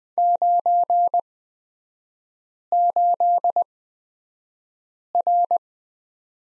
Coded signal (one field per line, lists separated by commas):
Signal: Morse code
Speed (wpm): 20 wpm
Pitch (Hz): 700 Hz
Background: none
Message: 98R